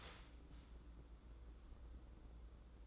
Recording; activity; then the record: daily activity, microphone in the room; start toaster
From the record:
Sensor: 3